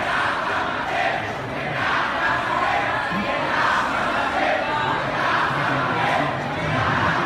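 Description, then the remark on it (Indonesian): A crowd of event participants shouts and yells continuously, a loud dense roar of many voices overlapping with no pauses, swelling slightly in waves throughout. “Mohon, Bapak, Ibu semuanya bisa tertib, tidak berteriak-teriak.”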